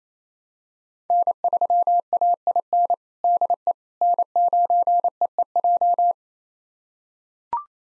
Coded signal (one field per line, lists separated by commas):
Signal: Morse code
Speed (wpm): 28 wpm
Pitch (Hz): 700 Hz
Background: none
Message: N3AIN DE N9EEJ